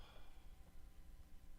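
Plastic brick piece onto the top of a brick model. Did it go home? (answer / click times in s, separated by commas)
no / none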